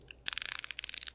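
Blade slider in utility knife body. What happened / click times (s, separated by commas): A small slider ratchets forward through its detent steps, clicking evenly at each one / 0.3 s, 0.4 s, 0.5 s, 0.7 s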